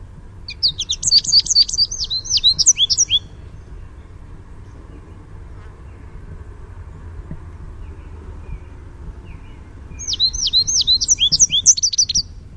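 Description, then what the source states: American goldfinch contact song in two bursts of fast high twittering notes, separated by about seven seconds of quiet background. "Sweeet" contact call and contact song.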